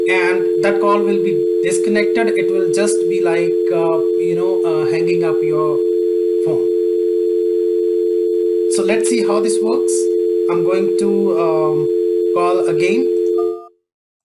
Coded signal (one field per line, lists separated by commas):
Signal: telephone call progress tone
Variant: North America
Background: speech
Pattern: dial tone